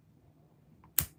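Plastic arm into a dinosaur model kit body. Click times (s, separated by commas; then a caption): 1.0 s. The first plastic arm of a Blokees Jurassic World dinosaur model kit is snapped into the shoulder joint of the body. A faint tick at 0.8 s comes just before a sharp, bright click at 1.0 s. The arm is seated with a satisfying click.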